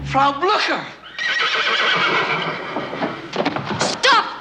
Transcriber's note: soundbite of horses neighing